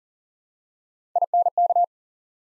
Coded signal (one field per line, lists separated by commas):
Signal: Morse code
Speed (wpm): 38 wpm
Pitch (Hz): 700 Hz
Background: none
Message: INK